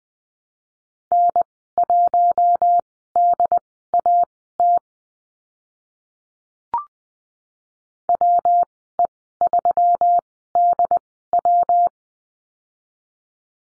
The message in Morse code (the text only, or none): N1DAT WE3DW